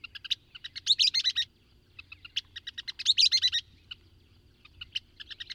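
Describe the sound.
Bird song with two loud rattling, buzzy bursts separated by lighter clicking chirps and short pauses.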